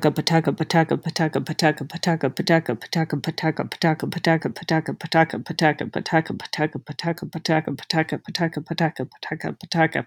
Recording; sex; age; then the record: repeated syllables /pa ta ka/; female; 40 to 49 years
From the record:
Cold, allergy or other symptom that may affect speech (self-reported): no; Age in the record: 43 years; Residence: California, United States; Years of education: 14